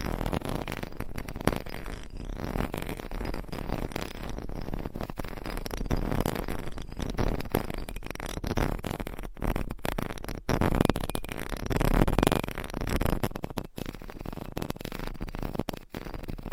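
Scratching on a microphone goes on without a break, dense, with rough scraping that fills low and middle tones. The level holds fairly steady, broken by brief sharp dropouts and louder surges around the middle.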